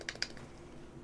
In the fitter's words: Just push it back on until it snaps.